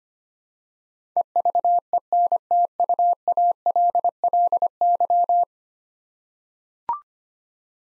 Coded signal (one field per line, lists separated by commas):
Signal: Morse code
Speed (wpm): 25 wpm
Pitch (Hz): 700 Hz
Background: none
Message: EVENTUALLY